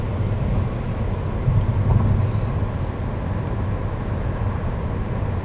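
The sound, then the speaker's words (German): Steady low engine and road rumble from a car driving on the busy Sülztalstraße, swelling slightly for a moment partway through as oncoming traffic passes, with no talking. “Oh, ein Gegenverkehr. Noch ein Gegenverkehr.”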